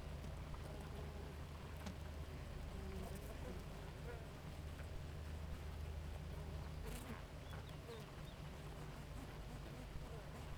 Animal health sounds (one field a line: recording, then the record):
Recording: honeybee colony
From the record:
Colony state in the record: active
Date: 28 July 2017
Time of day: 4:25